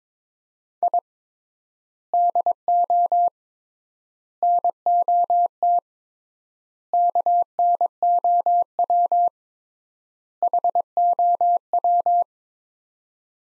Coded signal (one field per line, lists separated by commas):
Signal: Morse code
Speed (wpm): 22 wpm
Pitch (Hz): 700 Hz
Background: none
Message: I DO NOT KNOW HOW